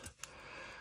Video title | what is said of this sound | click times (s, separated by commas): The Quietest Backyard Airgun Target (DIY How To!) | this guy literally just pops right in | 0.2 s